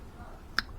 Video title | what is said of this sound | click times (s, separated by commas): DC Blackest Night unboxing | the shoulder pads to click into. | 0.6 s